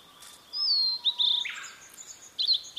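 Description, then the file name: Blue-and-white flycatcher song, long high whistles and slurred notes with a rougher burst mid-phrase, over a faint steady low whistle. "oruri"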